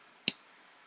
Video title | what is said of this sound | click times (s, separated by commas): Agroforestry tools + general updates | and it releases. | 0.3 s